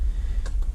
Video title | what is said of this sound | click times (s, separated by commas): Nitro RC Score + Much More. | Just snaps into place. | 0.5 s